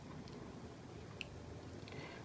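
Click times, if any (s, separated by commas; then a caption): 1.2 s. A mesh vape coil for a Vaporesso Swag 2 kit is turned backwards, in the unscrewing direction, against a sub-ohm tank base, with soft handling rustle throughout. At 1.2 s the thread start drops in with a single sharp click, with faint ticks around 0.3 s and 1.9 s. The click shows the threading is lined up correctly before the coil is screwed in, so the coil is seated.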